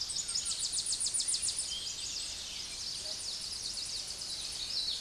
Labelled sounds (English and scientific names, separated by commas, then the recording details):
Tennessee Warbler (Leiothlypis peregrina) song
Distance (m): 50 m
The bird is about level with the microphone
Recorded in a Pennsylvania forest on 16 May 2024 at 08:28
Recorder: AudioMoth, point MSD-2143
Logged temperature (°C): 16.0 °C
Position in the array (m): 76 m, 199 m